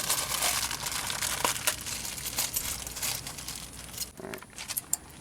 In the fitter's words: snap in your clips.